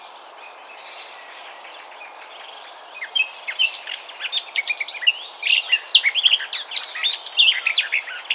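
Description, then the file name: Eurasian blackcap song, soft for the first three seconds, then a loud, rapid warbling of varied squeaky and clear notes that continues to the end. "Sylvia atricapilla"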